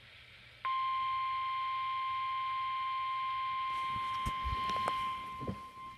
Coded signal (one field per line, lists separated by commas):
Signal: Emergency Alert System (SAME) tones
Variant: 1050 Hz attention tone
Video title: Severe Thunderstorm Warning #2 (EAS #106)